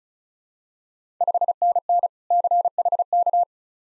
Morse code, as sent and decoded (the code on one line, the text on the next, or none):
..... -. -. / -.-. .... -.-
5NN CHK